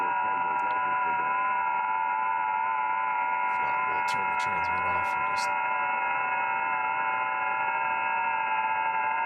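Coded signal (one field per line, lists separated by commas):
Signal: FT8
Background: speech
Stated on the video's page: Live HF stream hunting park activations during a state QSO party weekend, rough conditions.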